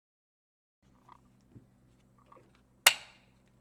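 A plastic screen bezel is pressed back onto a laptop lid, with a few faint soft clicks and rustles between about 1.1 and 2.6 seconds. At 2.9 seconds a bezel clip snaps home with a sharp, loud snap that rings briefly, and the bezel is seated.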